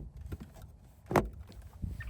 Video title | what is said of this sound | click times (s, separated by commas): Subaru Outback Dash Cam Install - Mangoal OEM Style Dash Cam #dashcam #mangoal | and you should pretty much hear all those snap in place. | 1.1 s, 1.2 s, 2.0 s